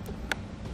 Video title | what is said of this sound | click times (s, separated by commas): etrailer - Trailer Wiring Harness Installation - 2013 Buick LaCrosse | put our taillight housing back in just like this connector you want to hear that little click and | 0.3 s